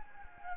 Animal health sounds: mosquito wingbeat signal from an infrared sensor; Anopheles gambiae

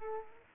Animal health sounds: mosquito wingbeat signal from an infrared sensor; Aedes aegypti

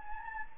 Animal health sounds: mosquito wingbeat signal from an infrared sensor; Anopheles gambiae

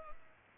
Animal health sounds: mosquito wingbeat signal from an infrared sensor; Culex pipiens

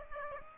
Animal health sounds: mosquito wingbeat signal from an infrared sensor; Aedes aegypti

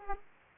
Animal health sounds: mosquito wingbeat signal from an infrared sensor; Aedes aegypti

